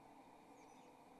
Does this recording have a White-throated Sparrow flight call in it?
no